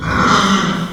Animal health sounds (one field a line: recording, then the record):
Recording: squeal of a Yucatan mini pig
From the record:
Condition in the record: after surgery on the right vocal fold (resection and tissue-engineered implant)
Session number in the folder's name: 15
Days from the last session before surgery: 175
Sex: female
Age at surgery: 19 weeks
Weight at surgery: 25 kg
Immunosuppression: prednisolone